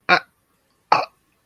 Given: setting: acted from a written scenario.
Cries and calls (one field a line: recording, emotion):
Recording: vocal sound without words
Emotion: embarrassment